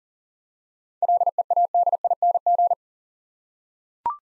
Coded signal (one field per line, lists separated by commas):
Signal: Morse code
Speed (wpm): 39 wpm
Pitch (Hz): 700 Hz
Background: none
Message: LEADING